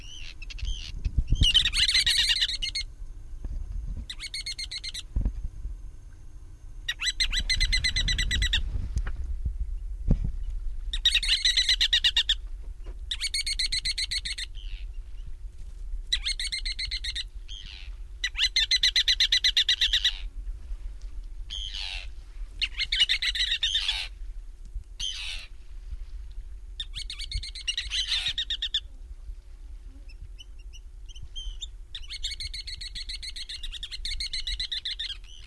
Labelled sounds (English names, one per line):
Ruddy Turnstone call